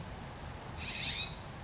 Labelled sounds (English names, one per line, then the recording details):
California Scrub-Jay
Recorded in Sonoma County, California